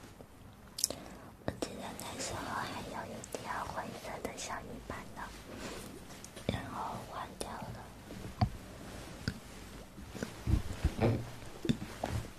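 Mouth sounds: sharp wet clicks and smacks scattered irregularly throughout, mixed with soft breathy, murmured noises. The clicks grow louder and more frequent toward the end, over a faint low rumble.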